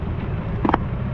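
A rider presses a bicycle shoe cleat down hard into a clipless pedal, since it has to go in with a sudden push. Two sharp clicks are heard at about 0.7 s and 0.7 s over a steady low background rumble, and the cleat seats and engages in the pedal.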